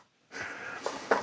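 The opposite plastic door on a 1/12 scale ROCHOBBY Type82 Kommandeurwagen RC car body is swung shut. A soft rustle of handling leads into two clicks at 0.9 s and 1.1 s as the door latch snaps closed, with the same click as the first door.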